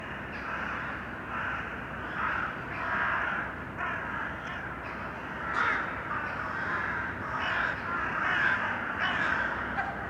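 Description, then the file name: Crow calling with a run of raspy caws at irregular intervals against constant background noise. Urban crows. "Detunized - Urban Crows"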